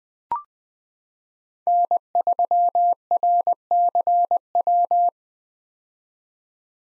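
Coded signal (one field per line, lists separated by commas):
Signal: Morse code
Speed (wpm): 20 wpm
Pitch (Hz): 700 Hz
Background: none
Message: N3RCW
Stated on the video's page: Most common 2023 POTA hunter call signs sent at 20 wpm for head-copy drill, each sent, spoken, then sent again.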